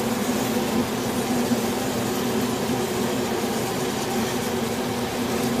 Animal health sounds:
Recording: honeybee colony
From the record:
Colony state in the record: swarm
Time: day

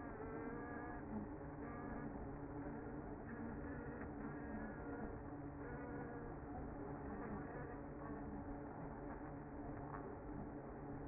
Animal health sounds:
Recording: honeybee colony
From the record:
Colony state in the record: active

